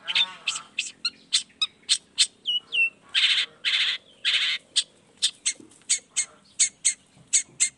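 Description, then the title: Long-tailed shrike song: rapid varied chatter of harsh rasps, whistles and sharp chips in quick succession. Recorded in the morning; called a chattering, well-singing bird, with 'toet toet' voice variations, played to stimulate lazy shrikes to start singing. "Cendet Gacor Dor Di Kala Pagi Toet Toet Variasi Suara. Cendet Gacor Di Pagi Hari Rangsangan Emosi Cendet Malas Bunyi Supaya Secepatnya Ikutan Bunyi"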